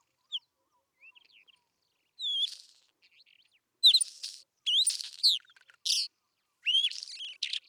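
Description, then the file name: Isabelline wheatear song, scattered soft notes building into loud phrases of sharp whistled slurs and harsh rattles, each burst separated by brief silences. Recorded at Telmen Nuur. "isawheat telmen-nuur"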